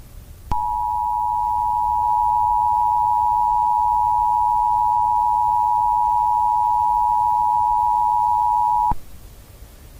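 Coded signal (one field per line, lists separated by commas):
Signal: Emergency Alert System (SAME) tones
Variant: 853 and 960 Hz attention tone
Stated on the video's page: Fictional EAS horror scenario made for entertainment, not a real alert.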